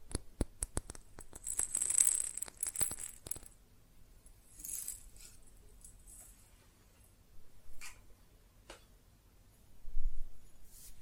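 Quick tapping on glass and ceramic objects, a dense run of sharp clicks in the first three seconds with bright ringing tones. After that the taps thin out into scattered soft touches and brief scrapes, with quiet stretches between them and a final light rattle near the end.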